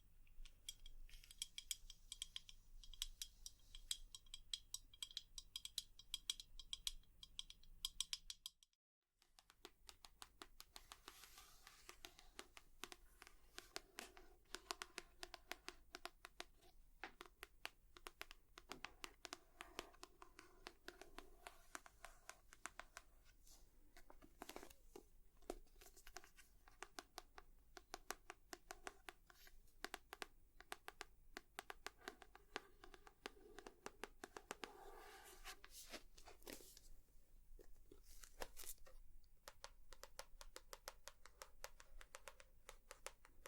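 Rapid tapping runs almost nonstop, a dense stream of crisp, dry clicks at an uneven, quick pace, a bit like typing or fingertips drumming. The sound cuts out briefly around the nine-second mark, then resumes just as busy until the end.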